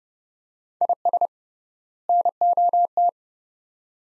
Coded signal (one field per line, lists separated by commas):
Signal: Morse code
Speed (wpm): 30 wpm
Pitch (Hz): 700 Hz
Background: none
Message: IS NOT